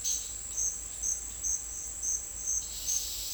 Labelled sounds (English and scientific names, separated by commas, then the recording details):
none
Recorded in dense forest near Puerto Asís, Putumayo, Colombia, on 22 December 2024 at 09:00
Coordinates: 0.485, -76.318
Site GP03